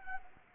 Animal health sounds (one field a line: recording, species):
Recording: mosquito wingbeat signal from an infrared sensor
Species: Anopheles arabiensis